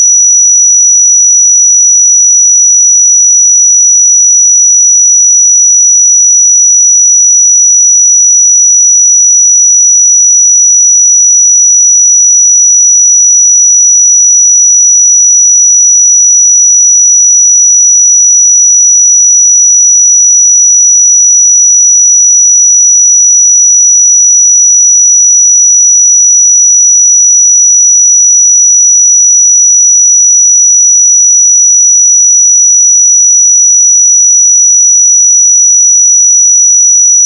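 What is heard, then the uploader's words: A pure sine tone at 5874 Hz holds perfectly steady and unchanging for the whole clip, thin and piercingly bright, with complete silence around it. 5874 Hz 1 Hz Interval Sine Pure Tone Frequency 441000 Sample Mono.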